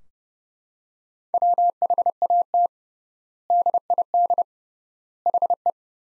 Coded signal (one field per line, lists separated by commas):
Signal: Morse code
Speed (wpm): 30 wpm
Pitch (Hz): 700 Hz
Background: none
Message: WHAT DID HE